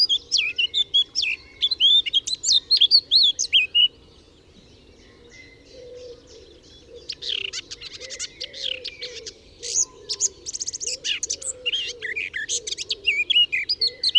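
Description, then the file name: Eurasian blackcap singing a rich, high, varied warble of quick twittering and fluty notes, a pause of about two seconds, then a longer scratchy, hurried warbling phrase, over a low steady hum. "Sylvia atricapilla"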